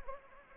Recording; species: mosquito wingbeat signal from an infrared sensor; Anopheles gambiae